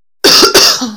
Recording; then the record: coughing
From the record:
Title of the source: November cold (wet coughing)